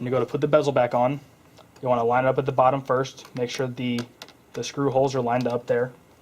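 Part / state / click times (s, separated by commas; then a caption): plastic display bezel clips onto laptop lid / not seated / none. A plastic display bezel on an HP Pavilion dv7 laptop lid is lined up at the bottom with its screw holes aligned, ready to be pressed so its clips snap in. Someone talks throughout, with faint handling noise in the pauses. Nothing has seated or clicked yet.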